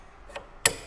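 A metal part is slid over into position on an AR-15 rifle assembly during a build. A faint tick at 0.4 s is followed by a sharp, loud metallic snap at 0.7 s, after which the part is locked in place and can no longer rotate.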